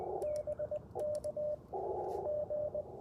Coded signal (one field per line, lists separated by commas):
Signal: Morse code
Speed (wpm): 20 wpm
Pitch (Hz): 600 Hz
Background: radio noise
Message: BK G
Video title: Morning Morse Code - 11/3/23 @ Tuskegee Airmen National Historic Site (K-0868)